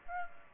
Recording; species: mosquito wingbeat signal from an infrared sensor; Aedes aegypti